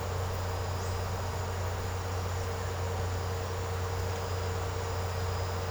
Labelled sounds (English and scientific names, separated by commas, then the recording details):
none
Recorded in secondary vegetation near Puerto Asís, Putumayo, Colombia, on 13 March 2025 at 15:00
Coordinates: 0.468, -76.324
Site G059